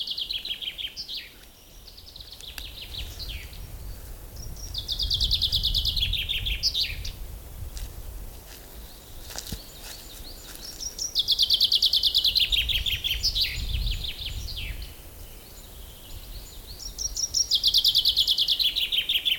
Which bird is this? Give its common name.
Common Chaffinch